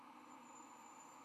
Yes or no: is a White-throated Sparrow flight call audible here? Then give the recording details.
no. No flight call is heard. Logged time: 03:34 on 10 November 2014